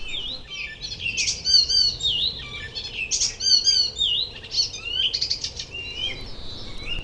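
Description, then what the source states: Icterine Warbler song: a fast, varied stream of high squeaky, chattering and whistled phrases. Described as wanting to make an impression.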